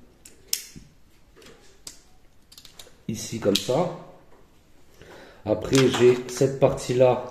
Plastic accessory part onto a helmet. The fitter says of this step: c'est ce qui va venir sur le casque ça du coup ça va venir se clipser